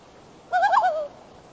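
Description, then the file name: Loon giving a single brief wavering, warbling call that quivers up and down for about half a second, with nothing else heard around it. "Loon Bird"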